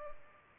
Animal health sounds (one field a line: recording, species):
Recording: mosquito wingbeat signal from an infrared sensor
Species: Culex pipiens